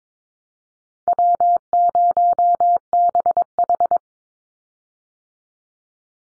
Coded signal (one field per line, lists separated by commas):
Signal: Morse code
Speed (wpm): 22 wpm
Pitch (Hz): 700 Hz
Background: none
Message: W0BH